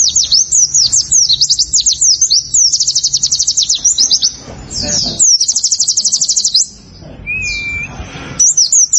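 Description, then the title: Prinia song: continuous high trills of rapidly repeated notes, then a pause with one short lower whistle before the trilling resumes. "Ciblek Sawah"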